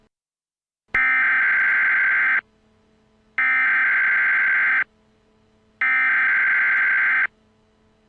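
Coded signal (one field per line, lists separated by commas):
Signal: Emergency Alert System (SAME) tones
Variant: header bursts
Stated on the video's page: Fictional EAS scenario, not a real alert.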